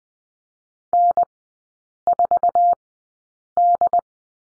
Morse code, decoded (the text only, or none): N4D